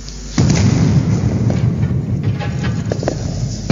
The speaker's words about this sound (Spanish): Provocan explosiones en la montaña que dejan polvo en suspensión, cargado de sulfuros altamente nocivos para los seres vivos y que producen graves enfermedades respiratorias.